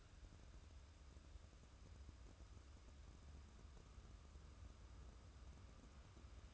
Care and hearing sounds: daily activity, microphone in the room; wipe stove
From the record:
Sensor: 2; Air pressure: 994.3 hPa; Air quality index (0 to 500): 212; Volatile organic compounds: 1000 ppm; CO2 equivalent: 7028 ppm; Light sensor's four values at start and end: 129/308/130/133 and 132/315/133/137

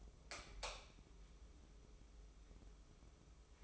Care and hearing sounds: daily activity, microphone in the room; light on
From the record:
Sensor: 1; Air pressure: 995.3 hPa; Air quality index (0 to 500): 24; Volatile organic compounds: 0 ppm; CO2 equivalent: 499 ppm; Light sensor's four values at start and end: 10/25/10/11 and 14/41/15/17

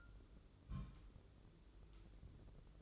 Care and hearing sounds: daily activity, microphone in the room; place on stove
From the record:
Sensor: 3

